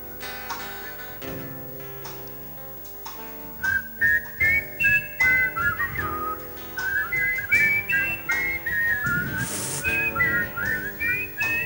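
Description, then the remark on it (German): A person whistles a lively melody in clear, high-pitched phrases of short repeated notes during a live band performance for an audience in Koblenz, over a steady musical accompaniment that begins before the whistling enters. “wer war das, der so pfeifen konnte?”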